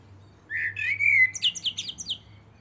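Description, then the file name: Common blackbird giving a single phrase: a smooth, rising fluted whistle that ends in a quick run of several high, chirpy notes. "Turdus merula"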